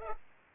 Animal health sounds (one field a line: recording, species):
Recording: mosquito wingbeat signal from an infrared sensor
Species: Culex pipiens